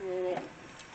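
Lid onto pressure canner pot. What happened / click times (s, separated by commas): The metal lid is being handled on the pot but has not locked yet / none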